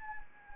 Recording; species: mosquito wingbeat signal from an infrared sensor; Anopheles arabiensis